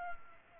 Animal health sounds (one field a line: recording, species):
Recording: mosquito wingbeat signal from an infrared sensor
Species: Culex pipiens